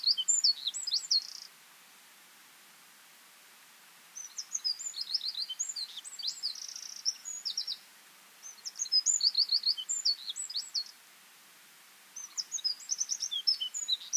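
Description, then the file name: Eurasian wren repeating its song in four bursts, each a brisk string of shrill notes and trills, with silences between. "Troglodytes troglodytes"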